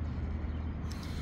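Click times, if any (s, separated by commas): none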